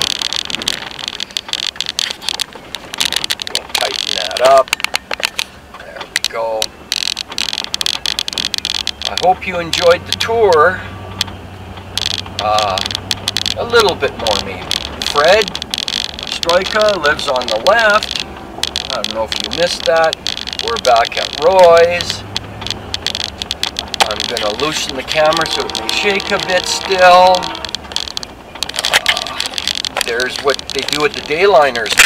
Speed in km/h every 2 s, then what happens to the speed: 20, 20, 21, 21, 24, 26, 31, 31, 30, 28, 28, 30, 28, 23, 20, 19.
0-6 steady at about 20. 6-14 speeds up to 31. 14-22 steady at about 30. 22-32 slows to 19.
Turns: none.